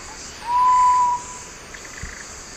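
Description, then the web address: Sapphire quail-dove giving one low, level hooted whistle lasting under a second, with a steady insect buzz behind it. Song, recorded in the eastern lowlands of South America. "Natures Songs S America Eastern Lowlands Geotrygon saphirina, song"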